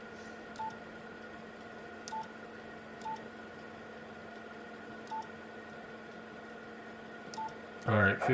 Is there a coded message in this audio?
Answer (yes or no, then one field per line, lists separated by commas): no